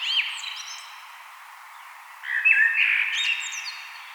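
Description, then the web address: Common blackbird song: a short fluting phrase followed by a pause, then a louder warble ending in squeaky high notes. "vogelstimmen amsel gesang nabu lars lachmann"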